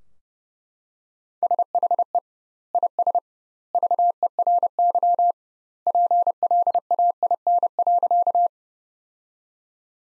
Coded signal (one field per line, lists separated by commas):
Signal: Morse code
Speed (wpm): 30 wpm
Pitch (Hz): 700 Hz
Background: none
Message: SHE IS VERY PLAIN.